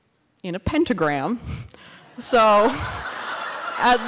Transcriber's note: laughter